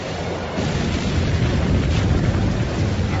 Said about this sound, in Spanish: De modo que lo único que podría generar una temperatura tan elevada sería un asteroide impactando en la atmósfera terrestre. Una explosión aérea.